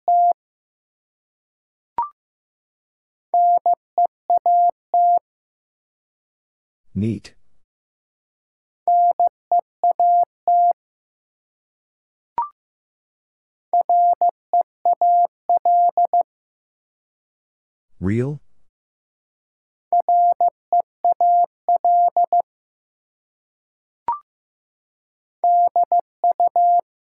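A steady mid-pitched tone beeps out Morse code in short and long bursts, broken by sharp clicks and two brief sweeping whooshes.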